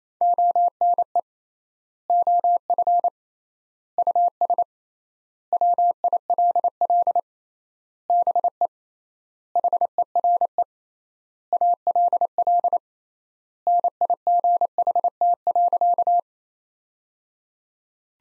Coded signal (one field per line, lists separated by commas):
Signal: Morse code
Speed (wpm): 28 wpm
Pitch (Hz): 700 Hz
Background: none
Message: ONE OF US WILL BE HERE ALL NIGHT.